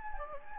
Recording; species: mosquito wingbeat signal from an infrared sensor; Anopheles gambiae